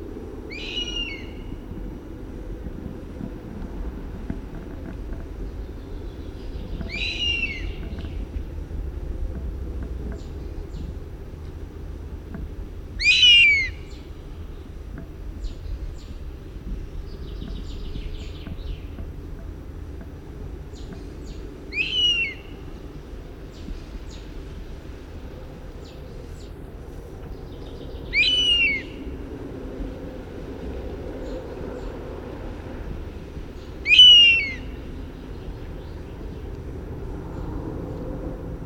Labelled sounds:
European Honey Buzzard call
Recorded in the wild
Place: Babadag, Dobrogea, RO
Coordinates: 44.695, 28.434
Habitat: Forest
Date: 1976-06-01 09:05
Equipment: Nagra III BH, Sennheiser MD 21, parabola
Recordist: Schubert, Michael
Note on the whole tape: Langrufe ("hiä") eines Wespenbussards, der über dem Horst segelt

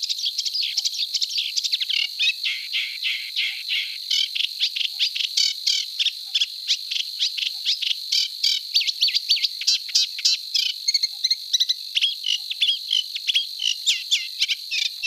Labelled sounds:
Eurasian Reed Warbler song
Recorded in the wild
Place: NSG Kittlitzer Hofsee, Schleswig-Holstein, DE
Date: 1986-05-15
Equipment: Uher Report Monitor
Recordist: Schwarz, Dieter

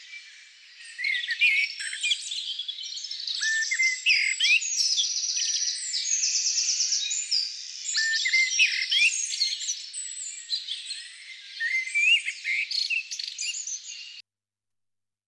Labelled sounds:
Common Blackbird song
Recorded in the wild
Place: Lilienhof / Kaiserstuhl, Baden-Württemberg, DE
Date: 1999-04-05
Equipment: MiniDisc Sony MZ-R35, Telinga DAT, Telinga-Parabolspiegel
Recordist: Schwarz, Dieter

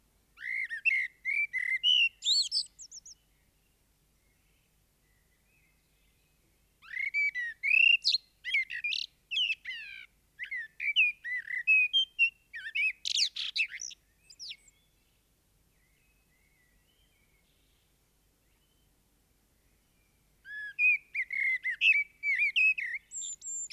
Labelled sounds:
Common Blackbird song
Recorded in the wild
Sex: male
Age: adult
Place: Garmisch-Partenkirchen, Bayern, DE
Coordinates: 47.5047, 11.0856
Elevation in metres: 692
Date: 1973-04-25
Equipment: Nagra IV, Sennheiser MKH 405, Parabolreflektor
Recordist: Tretzel, Erwin
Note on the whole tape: Vermutlich Thomas-Knorr-Straße 28, Garmisch-Partenkirchen: Gesang mit Imitation von Blaumeise und Kleiber

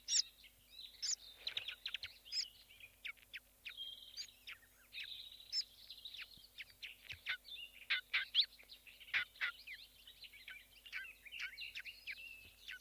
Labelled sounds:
Willow Warbler call
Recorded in the wild
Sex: diverse
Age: diverse
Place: Spitzberg, Tübingen, Baden-Württemberg, DE
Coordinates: 48.5167, 9.01667
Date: 1968-05-22
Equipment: Kapselmikrophon, LGS26
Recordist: Schneider, Hans-Joachim
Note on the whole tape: In heideartiger Landschaft. Aufnahmen am Nest, Kapselmikrofon im Nest eingebaut. Weibchen: Rufe und Hudergeräusche und leise Rufe der Jungtiere. Auch Aufnahmen am 23.05.1968 um 6.55 Uhr: Weibchen: Lautreihe, Fütterlaute Männchen. 24.05.1968 um 10.32 Uhr: Speerlaute der 2 Tage alten Jungtiere, Weibchen hudern, Fütterlaute, 25.05.1968 um 8.15 Uhr: Fütterlaute und Laute der Jungtiere

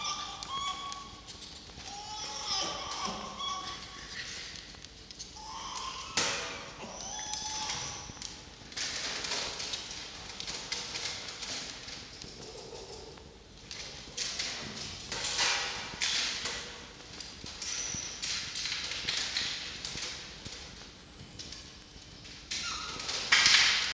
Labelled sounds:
Red Fox
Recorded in captivity
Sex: female
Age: juvenile
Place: Zoologisches Institut der HUB, Berlin, DE
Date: 1953-07-01
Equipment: Elmetra
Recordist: Tembrock, Günter
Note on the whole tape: Welpen (hinter Fiffi und Jupp her): Begrüßungswinseln

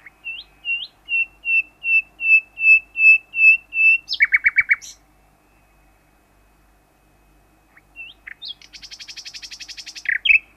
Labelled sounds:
Common Nightingale social call
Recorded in the wild
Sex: male
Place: Bopfingen, Baden-Württemberg, DE
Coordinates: 48.8419, 10.3767
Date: 1971-05-13
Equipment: Uher Report 4200, AKG D190C in Doppel-Parabolreflektor
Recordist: Krey, Winfried
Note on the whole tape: Gesang

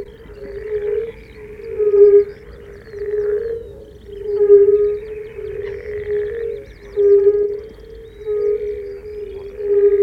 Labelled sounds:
Fire-Bellied Toad call
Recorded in the wild
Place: Groß Nemerow, Mecklenburg-Vorpommern, DE
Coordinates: 53.448, 13.219
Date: 1980-06-23 22:00
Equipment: Nagra III BH, Sennheiser MD 21, parabola
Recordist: Schubert, Michael

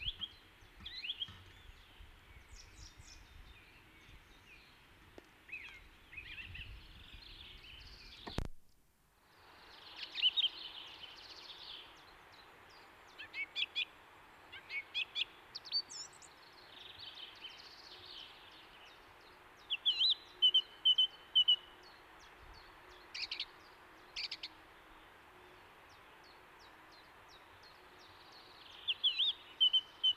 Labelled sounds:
Song Thrush song
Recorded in the wild
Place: Garmisch-Partenkirchen, Bayern, DE
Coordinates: 47.4892, 11.1467
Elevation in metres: 956
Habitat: mountains
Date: 1973-04-26
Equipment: Nagra IV, Sennheiser MKH 405, Parabolreflektor
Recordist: Tretzel, Erwin

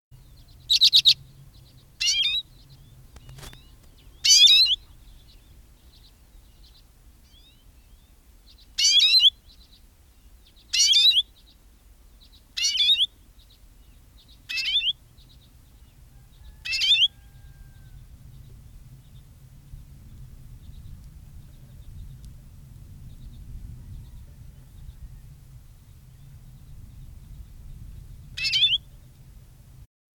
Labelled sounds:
Common Redpoll call
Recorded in the wild
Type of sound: call
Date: 1978-01-07
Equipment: Nagra III BH, Sennheiser MD 21
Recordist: Schubert, Michael
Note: Rufe Birkenzeisig

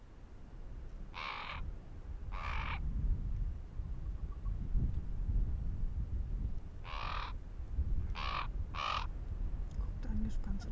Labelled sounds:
Arctic Fox
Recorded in the wild
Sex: male
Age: adult
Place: Insel Mednyi, Kommandeur-Inseln, RU
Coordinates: 54.5167, 168.083
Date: 1999-08-23 20:02
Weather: 9°C, heiter
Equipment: Sony WM-D6C, Sennheiser ME 80, K 30 AV, Windkorb, Kopie Tascam DA 30
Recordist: Jakupi, Antje

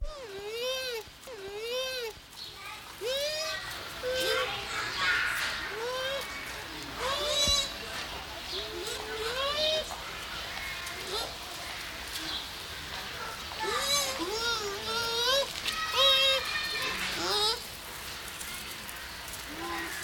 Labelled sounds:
Bush Dog
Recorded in captivity
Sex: pair
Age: adult
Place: Zoo Berlin, Berlin, DE
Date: 1993-10-16 11:43
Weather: heiter, 6-10 °C
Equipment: Marantz CP 430, Sennheiser MKH 416 T, Kopie Uher Variocord 263
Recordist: Tembrock, Günter

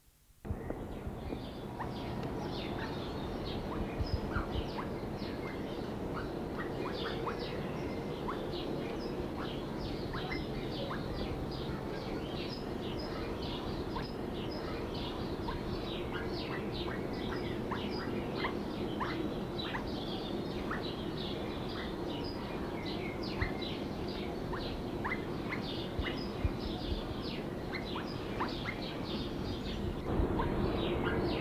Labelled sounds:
Hazel Grouse call
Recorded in captivity
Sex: pair
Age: adult
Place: Alpenzoo Innsbruck, Tirol, AT
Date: 1983-06-26
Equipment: Halbspur, 9,5 cm/s
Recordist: Lütgens, Hans
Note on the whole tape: Paar mit Kontaktlauten

